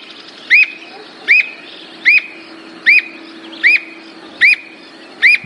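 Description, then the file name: Squirrel cuckoo singing a regular run of clear, arched whistles, each rising then falling, spaced under a second apart, over a faint steady hum. "canto da alma de gato"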